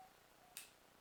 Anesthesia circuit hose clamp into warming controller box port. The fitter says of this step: slide together until you hear a click